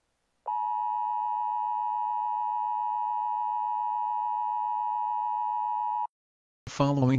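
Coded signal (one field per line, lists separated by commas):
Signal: Emergency Alert System (SAME) tones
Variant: 853 and 960 Hz attention tone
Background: speech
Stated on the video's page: Fictional EAS scenario.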